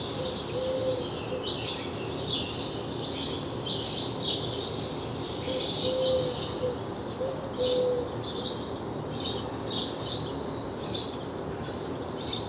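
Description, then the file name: House sparrow giving repeated bright chirps in loose clusters, almost continuous, with a few faint low hooting notes. "Passer domesticus"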